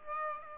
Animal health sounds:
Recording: mosquito wingbeat signal from an infrared sensor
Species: Aedes aegypti

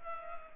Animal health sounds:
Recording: mosquito wingbeat signal from an infrared sensor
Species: Culex pipiens

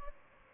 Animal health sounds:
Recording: mosquito wingbeat signal from an infrared sensor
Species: Aedes albopictus

